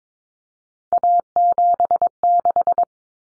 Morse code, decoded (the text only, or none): A76